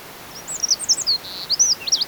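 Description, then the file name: Eurasian wren phrase of rapid, high-pitched twittering notes that jump up and down, with a brief trilled section midway and quick squeaky slurs at the end. "Troglodytes troglodytes"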